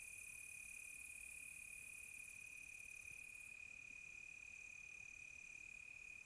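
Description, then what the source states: Crickets trill steadily at a high pitch, with a thin higher whine in the background and a couple of soft clicks. Crickets at close range on a quiet tropical night.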